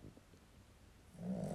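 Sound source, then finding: Dog. Snoring.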